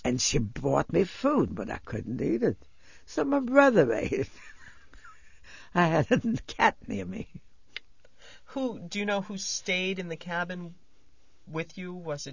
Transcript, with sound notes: and she brought me food, but I couldn't eat it. So my brother ate it. (she laughs) I had a cat near me.
Who, do you know who stayed in the cabin with you?